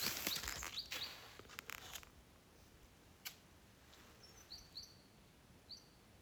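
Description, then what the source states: Bird calls: high, slurred chirps at the start among loud clicking and rustling, then scattered single high notes against quieter background hiss. Recorded 23 February 2025 at 15:39.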